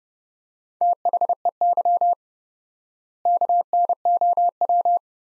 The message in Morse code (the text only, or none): THEY KNOW